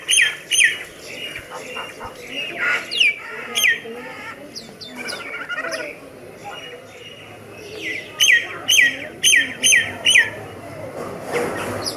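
Myna giving varied harsh squawks, with repeated down-slurred shrieks in short series and softer chatter between them.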